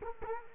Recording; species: mosquito wingbeat signal from an infrared sensor; Culex quinquefasciatus